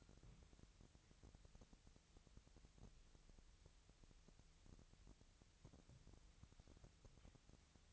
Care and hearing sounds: daily activity, microphone in the room; wipe stove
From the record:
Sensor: 3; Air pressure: 1001.6 hPa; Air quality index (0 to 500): 223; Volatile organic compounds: 30 ppm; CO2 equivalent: 2962 ppm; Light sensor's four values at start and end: 10/33/14/12 and 10/33/14/12

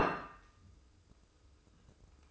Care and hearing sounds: daily activity, microphone in the room; place plate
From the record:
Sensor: 2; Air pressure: 995.1 hPa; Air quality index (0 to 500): 57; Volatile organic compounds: 1 ppm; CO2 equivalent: 938 ppm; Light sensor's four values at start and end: 13/45/17/16 and 13/44/17/16

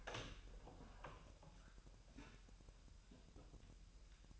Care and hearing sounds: daily activity, microphone in the room; open door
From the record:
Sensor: 2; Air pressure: 1001.0 hPa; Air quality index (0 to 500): 249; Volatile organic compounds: 95 ppm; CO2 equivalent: 3720 ppm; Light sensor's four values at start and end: 9/23/9/9 and 9/23/9/9

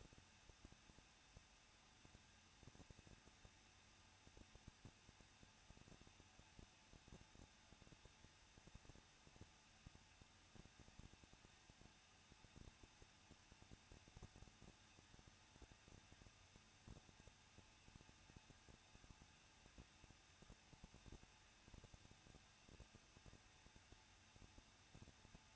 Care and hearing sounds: daily activity, microphone in the room; no activity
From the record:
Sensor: 2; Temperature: 21.0 degrees Celsius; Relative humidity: 37.4%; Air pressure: 1006.2 hPa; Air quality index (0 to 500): 222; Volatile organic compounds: 24 ppm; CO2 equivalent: 2820 ppm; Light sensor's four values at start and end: 2/3/2/2 and 2/3/2/2

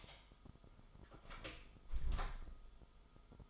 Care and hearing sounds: daily activity, microphone in the room; close door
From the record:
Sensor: 5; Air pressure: 1005.0 hPa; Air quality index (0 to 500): 100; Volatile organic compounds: 2 ppm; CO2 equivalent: 1223 ppm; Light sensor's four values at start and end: 34/78/31/30 and 34/78/31/30

